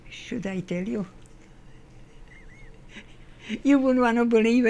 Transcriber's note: laughs